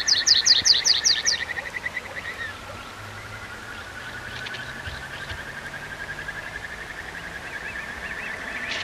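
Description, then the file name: Tree pipit song: a rapid run of several sharp descending notes at the start, followed by quieter notes as the song fades. Irkut, 19 May 2012. "Irkut An Trivialis"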